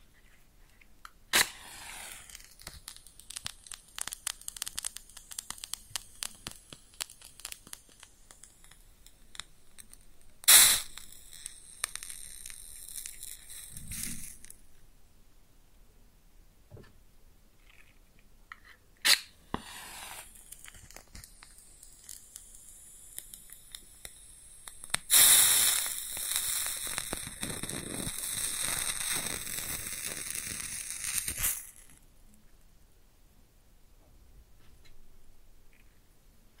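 A match is struck near the start, flaring into a hissing, crackling burn that fades by about 14 seconds. A second strike comes around 19 seconds, and a bright, sizzling burst from about 25 to 31 seconds cuts off abruptly, leaving faint crackles.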